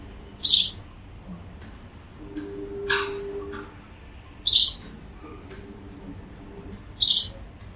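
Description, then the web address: Bird uttering four rasping, high chirps spaced about two seconds apart, each short and noisy, over a quiet low hum. "cianscape birddata Deverinetal 2025 Bird Only Pa Do"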